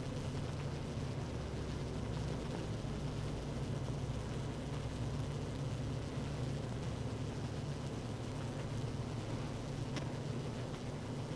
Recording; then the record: honeybee colony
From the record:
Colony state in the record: active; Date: 12 June 2018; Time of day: 15:40